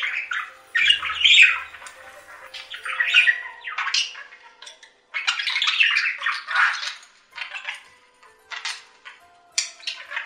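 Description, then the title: Budgerigar chattering in scratchy warbled bursts and squawks, louder at the start and around six seconds, then thinning to sparse chirps. "Budgie Sounds"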